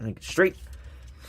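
A plastic windshield panel on a transforming toy figure is being handled and rotated down toward its place. Someone talks briefly over faint background noise. Nothing has clicked or seated yet.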